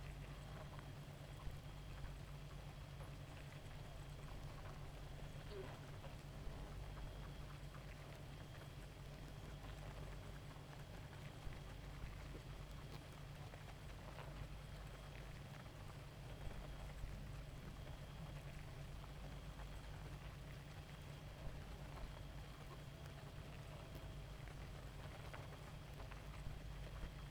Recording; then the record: honeybee colony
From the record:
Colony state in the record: active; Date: 28 July 2017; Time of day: 0:47